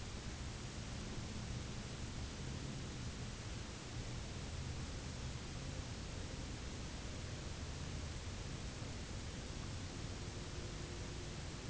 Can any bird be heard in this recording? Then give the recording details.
no. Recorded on Arctic tundra, site UTQI-0, on 11 June 2019. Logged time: 04:00